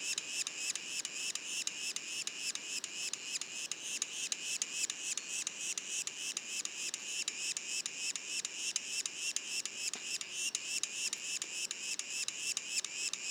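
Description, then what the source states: Yellow-bellied sapsucker young keep up a long, steady run of high, harsh squeaky calls at about three or four per second. Juveniles, recorded in Mont-Orford National Park, Quebec; mono recording.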